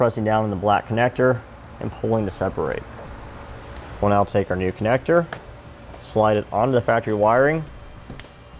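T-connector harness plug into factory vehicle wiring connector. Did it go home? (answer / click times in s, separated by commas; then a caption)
yes / 8.2 s. A Curt T-connector wiring harness plug is slid onto the factory tail-light wiring connector of a 2018 Buick Enclave and pushed in while someone talks. A single sharp, short click sounds at 8.2 s as the connector seats.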